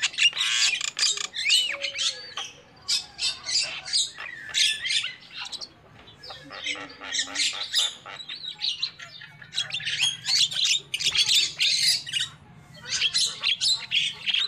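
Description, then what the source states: Lovebird: high, scratchy squawks and chirps come in loud bursts separated by short, quieter gaps. Lure call used for trapping lovebirds.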